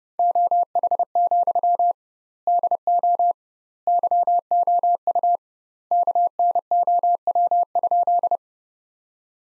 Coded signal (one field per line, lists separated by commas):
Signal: Morse code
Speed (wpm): 30 wpm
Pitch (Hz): 700 Hz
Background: none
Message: OH, DO YOU KNOW?